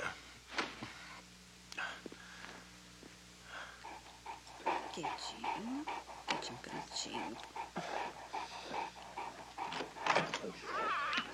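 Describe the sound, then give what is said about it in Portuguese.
A dirty dog named Ruth, with wounds that need stitches, whimpers in thin, wavering whines between quick, breathy pants, the sounds coming in irregular bursts over a low steady hum, with soft human murmurs now and then, in a dubbed film scene. “Seu cão?”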